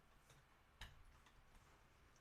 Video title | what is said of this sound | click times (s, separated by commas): LEGO Lunchtime - Finishing VOLTRON | there is a little clip, and we pop that till it clicks. | 0.8 s